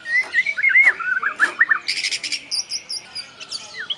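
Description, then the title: White-rumped shama song: varied whistled phrases rising and falling, then a burst of rapid high buzzy notes and sharp high whistles. Competition songbird described as a champion. "jawara. Murai batu Larwo"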